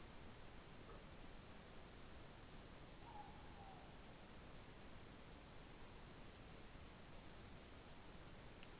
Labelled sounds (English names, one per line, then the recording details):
Morepork more-pork call
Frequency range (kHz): Morepork 0.7-1.0 kHz
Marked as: faintness 2/5
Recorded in New Zealand
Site Taranaki